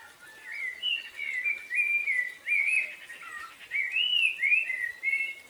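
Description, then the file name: Common blackbird singing a run of low, flute-like whistled phrases, slurring up and down, with faint high-pitched calls of other birds. Recorded at 6:13 on 19 March 2010. "Melro 6 h 13 19 Mar 2010"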